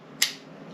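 An M.2 NVMe SSD is slid into its aluminium USB-C drive enclosure housing and pushed until it seats. A single sharp, bright click lands at 0.2 s over a quiet background hum and fades quickly. The drive ends up seated securely in the enclosure.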